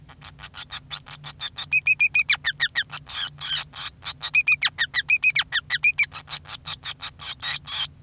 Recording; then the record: song of a male Bengalese finch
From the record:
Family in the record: son of father 5